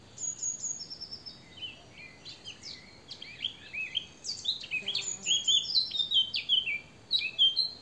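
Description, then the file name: Eurasian blackcap warbling song, a long, continuous stream of varied squeaky and fluty notes, with thin high whistles laid over it. "Sylvia atricapilla"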